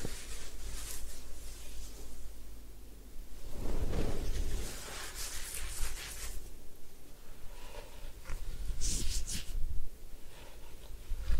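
Head spa hair wash with a steady low hum, soft rubbing and bright hissy scrubbing bursts, loudest around four seconds and near nine.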